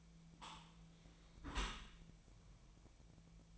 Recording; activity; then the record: daily activity, microphone in the room; close dishwasher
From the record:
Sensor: 1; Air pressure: 1000.5 hPa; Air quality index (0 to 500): 184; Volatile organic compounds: 4 ppm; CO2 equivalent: 1694 ppm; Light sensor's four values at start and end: 13/33/14/16 and 13/33/14/16